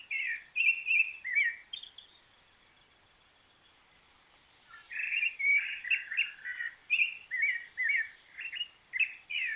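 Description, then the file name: Rufous-bellied thrush song: short warbled, whistled phrases in two bursts separated by a pause of over two seconds, the second burst longer and quickly repeated. "Sonido ZORZAL COLORADO"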